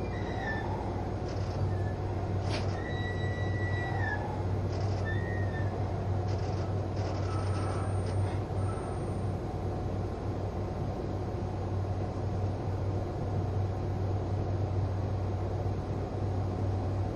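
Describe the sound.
Inside a train car, a steady low engine hum and motor drone run throughout, with faint squeals and clicks in the first ten seconds.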